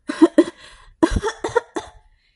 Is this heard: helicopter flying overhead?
no